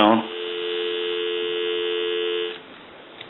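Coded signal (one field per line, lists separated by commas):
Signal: telephone call progress tone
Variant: North America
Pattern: dial tone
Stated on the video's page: Heard on a 236G three-slot payphone during checkout and repair conversion.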